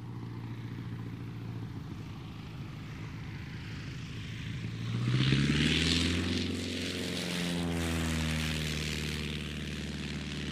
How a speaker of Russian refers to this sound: Разбудил меня звук. Звук, знакомый с детства. Самолет. Я вырос в небольшом приморском городке, рядом с которым был аэродром малой авиации. Звук мотора «Аннушки» сложно с чем-то другим перепутать.